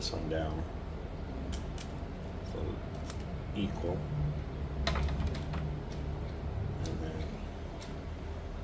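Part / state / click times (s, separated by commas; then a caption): plastic planter part into planter assembly / seated / 4.9 s. A plastic planter part is fitted into a planter assembly after the pieces are leveled, while someone talks. Light handling taps and rustles lead up to a sharp snap at 4.9 s as the part seats in place.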